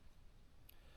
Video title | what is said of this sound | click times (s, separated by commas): Learning to Operate a Chainsaw Formal Lessons | always push that forward until it clicks. And you can hear it click then. | 0.7 s